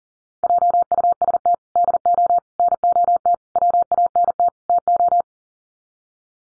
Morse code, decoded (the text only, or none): JUST DO NOT WANT TO